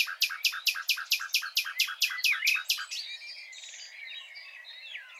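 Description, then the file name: Common nightingale song: a rapid repeated series of harsh, even notes for three seconds, then softer varied twittering and whistled slurs. "Luscinia megarhynchos"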